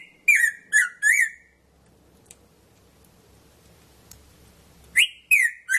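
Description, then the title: Red-throated parrotfinch calls: a burst of three loud, descending whistled notes, then a quiet pause before another group of three begins. "Erythrura Psittacea"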